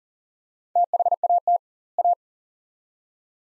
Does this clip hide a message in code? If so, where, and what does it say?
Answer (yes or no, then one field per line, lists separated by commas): yes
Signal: Morse code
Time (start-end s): 0.8-2.1 s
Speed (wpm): 40 wpm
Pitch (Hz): 700 Hz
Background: none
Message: THAT A